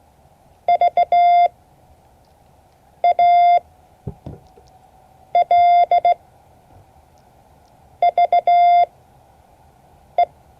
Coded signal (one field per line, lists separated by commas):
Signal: Morse code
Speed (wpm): 16 wpm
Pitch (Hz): 700 Hz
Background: none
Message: VALVE